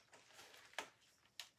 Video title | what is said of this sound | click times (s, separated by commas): A Norwex Product Demo and the Safe Haven Starter Package | locks in place it has a lock on here let me lock it and show you what it does | 0.8 s, 1.4 s